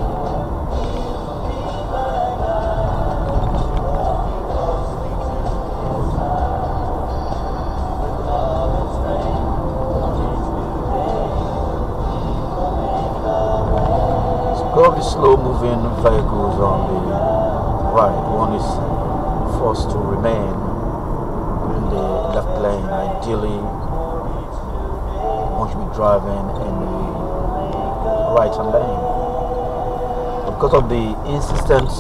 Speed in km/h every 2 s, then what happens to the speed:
68, 71, 74, 74, 74, 72, 74, 74, 74, 74, 74, 72, 72, 72, 74, 72.
0-4 speeds up to 74. 4-32 steady at about 74.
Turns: none.